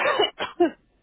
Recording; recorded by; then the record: voluntary cough; telephone call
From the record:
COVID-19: positive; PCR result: checked with the laboratory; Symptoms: no